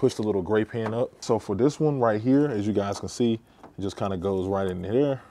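A wiring harness plug for an exhaust valve controller is handled at the OEM exhaust valve unit connector, with its small gray tab pushed up while someone talks throughout. Nothing has seated or clicked yet.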